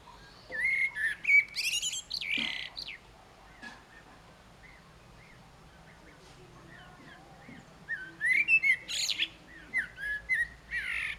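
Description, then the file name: Common blackbird song heard as two bursts of mellow whistled warbling mixed with sharp high squeaks, separated by a long quiet pause. "Turdus merula"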